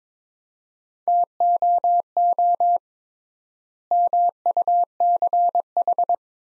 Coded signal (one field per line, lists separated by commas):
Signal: Morse code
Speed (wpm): 22 wpm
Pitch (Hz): 700 Hz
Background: none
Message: TOO MUCH